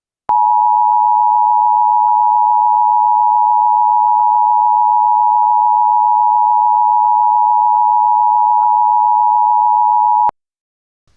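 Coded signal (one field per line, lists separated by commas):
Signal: Emergency Alert System (SAME) tones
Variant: 853 and 960 Hz attention tone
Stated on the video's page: Fictional analog horror recreation of an EAS alert.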